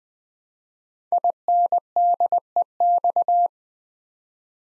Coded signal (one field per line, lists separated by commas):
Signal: Morse code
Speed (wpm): 20 wpm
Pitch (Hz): 700 Hz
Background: none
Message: INDEX